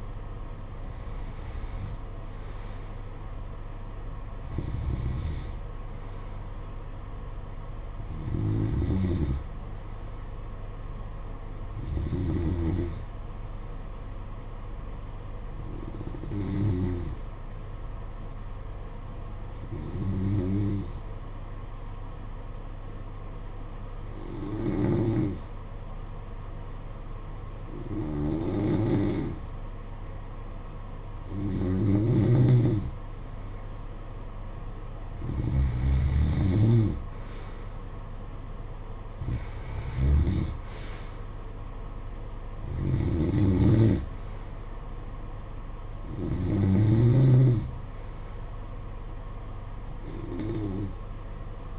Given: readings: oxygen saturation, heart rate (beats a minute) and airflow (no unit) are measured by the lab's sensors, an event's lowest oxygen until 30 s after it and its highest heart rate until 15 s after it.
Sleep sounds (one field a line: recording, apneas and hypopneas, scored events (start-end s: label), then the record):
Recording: breathing in sleep by a smartphone at the bedside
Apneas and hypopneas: 1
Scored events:
2.00-32.00 s: new sleep stage, N1 (lightest sleep)
11.00-33.70 s: hypopnea (N1, oxygen 95% highest, then 89% lowest, heart rate 49 at the start, 56 highest)
32.00-51.79 s: new sleep stage, N2 (light sleep)
From the record:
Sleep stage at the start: N2 (light sleep)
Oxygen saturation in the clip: 89 to 95%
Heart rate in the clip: 49 to 56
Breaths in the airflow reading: 14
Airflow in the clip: -14.8 to 11.0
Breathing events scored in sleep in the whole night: 476 in 9.7 hours asleep